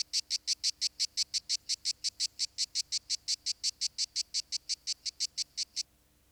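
Lyristes plebejus cicada delivering a rhythmic, rasping, high buzz of quick, regular pulses that stops abruptly near the end, leaving near silence.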